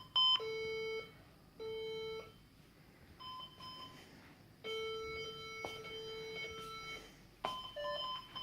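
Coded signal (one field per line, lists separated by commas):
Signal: beep code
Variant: HP EliteDesk 800 G2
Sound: about six steady electronic beeps of varying length and pitch, some long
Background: small room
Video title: Bios updates on HP Elite desk 800G2, beep beep...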